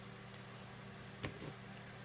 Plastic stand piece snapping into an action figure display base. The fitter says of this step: Stand, it snaps in place like so, and the figure